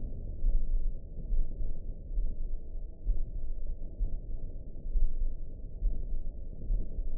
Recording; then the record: heart sounds by optical stethoscope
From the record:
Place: mitral valve (MV)